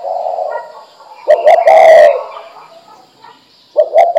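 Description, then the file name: Dove song of low mellow coos with one louder, harsher central note, then another phrase beginning. "珠頸斑鳩"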